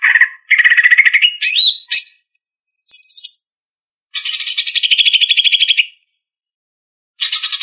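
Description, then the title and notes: Greater green leafbird song of varied short phrases: chirps, quick rising notes, a high sliding whistle, then a long buzzy trill and a final burst of rapid notes. "Cucak Ijo"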